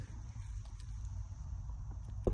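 A plastic harness plug is pushed firmly into the head unit of a XUENAV 10-inch Android wireless CarPlay radio being installed in an L405 Range Rover, taking some force to get it in. Under a low, steady background rumble with a couple of faint ticks, a sharp, loud click sounds at 2.3 s as the plug snaps into place. It ends fully seated and sitting flush.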